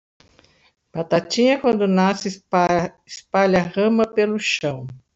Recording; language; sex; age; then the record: short text; Brazilian Portuguese; female; 60 to 69 years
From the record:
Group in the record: control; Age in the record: 69 years